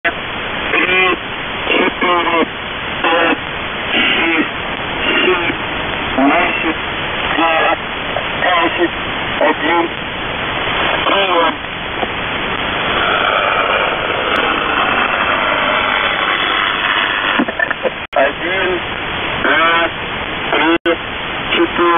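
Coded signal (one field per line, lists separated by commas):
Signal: coded military voice message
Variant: Russian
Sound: male voice speaking short phrases, likely counting, through heavy shortwave hiss and fading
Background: radio static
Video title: 4059 kHz USB [Russian Military Net] | 09th February 2024 | Test Counts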